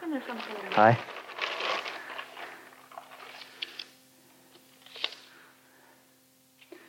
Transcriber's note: rustling 6 seconds